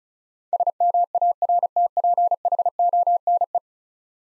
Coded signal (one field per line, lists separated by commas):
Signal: Morse code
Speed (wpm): 36 wpm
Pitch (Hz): 700 Hz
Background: none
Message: SMARTPHONE